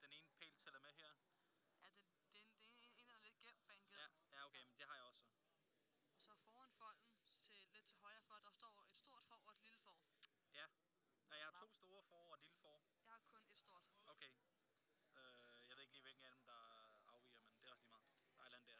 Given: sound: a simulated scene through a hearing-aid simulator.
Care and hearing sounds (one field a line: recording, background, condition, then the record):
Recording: conversation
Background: quiet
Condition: 55 dB SPL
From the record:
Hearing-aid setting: IV (slow-acting compression, loudness normalization)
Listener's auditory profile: A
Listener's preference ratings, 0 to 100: 79, 82, 64